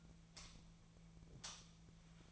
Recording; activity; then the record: daily activity, microphone in the room; light off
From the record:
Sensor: 1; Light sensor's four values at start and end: 46/131/54/61 and 41/116/48/55